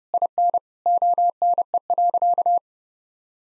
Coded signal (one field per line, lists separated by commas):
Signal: Morse code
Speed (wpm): 30 wpm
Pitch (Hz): 700 Hz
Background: none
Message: IN ONE.